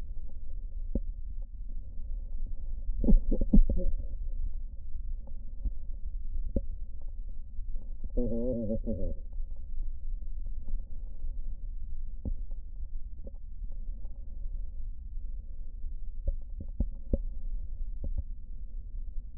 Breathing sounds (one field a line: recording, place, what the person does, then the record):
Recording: lung sounds by stethoscope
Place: left posterior basal chest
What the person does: quiet breathing, then cough and speech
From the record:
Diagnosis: COPD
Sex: male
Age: 80 years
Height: 171 cm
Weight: 75 kg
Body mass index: 25.6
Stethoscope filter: diaphragm mode